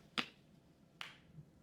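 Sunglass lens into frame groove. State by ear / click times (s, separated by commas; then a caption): seated / 0.2 s. A replacement lens is fitted into the grooves of a plastic Oakley Fives Squared New (2013) OO9238 sunglass frame, and pushing on the exposed corner snaps it in with a sharp click at 0.2 s. A second, fainter sharp tick follows at 1.0 s. The lens is seated in the frame.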